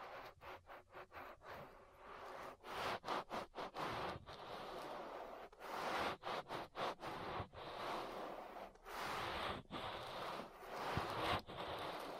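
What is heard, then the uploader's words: An ear massage made of soft rubbing and scratching strokes, each a hissy burst of fairly bright texture. The strokes come in quick irregular runs, some short and choppy, others longer and smoother, broken by brief silent gaps throughout the twelve seconds. ASMR Relaxing Ear Massage That'll Put You to Sleep (No Talking).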